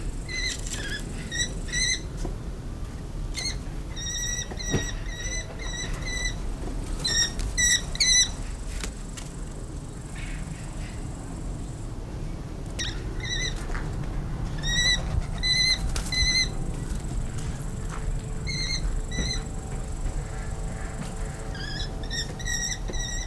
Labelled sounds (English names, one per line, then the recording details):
American Kestrel call
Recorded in captivity
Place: Timmendorfer Strand, Holsteinische Schweiz, Schleswig-Holstein, DE
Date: 1992-09-21 16:09
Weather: sonnig, 22°C
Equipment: Marantz CP 430, Sennheiser ME 80, Kopie Tesla B 116
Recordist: Tembrock, Günter